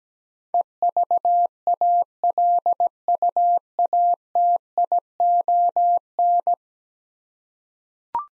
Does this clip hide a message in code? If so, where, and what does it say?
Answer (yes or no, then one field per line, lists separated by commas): yes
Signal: Morse code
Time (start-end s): 0.5-6.5 s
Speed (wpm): 17 wpm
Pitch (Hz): 700 Hz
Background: none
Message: EVALUATION